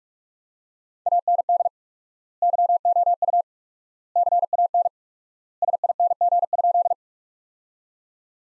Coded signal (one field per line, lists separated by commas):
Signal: Morse code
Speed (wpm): 46 wpm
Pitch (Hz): 700 Hz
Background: none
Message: AND YOU CAN SING?